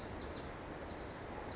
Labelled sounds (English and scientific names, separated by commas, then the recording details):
Pacific Wren (Troglodytes pacificus)
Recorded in Sonoma County, California